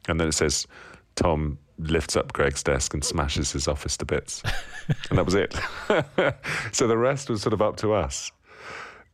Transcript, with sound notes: And then it says, Tom lifts up Greg's desk and smashes his office to bits, and that was it (laughter). So the rest was sort of up to us.